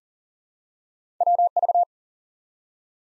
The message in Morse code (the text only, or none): WV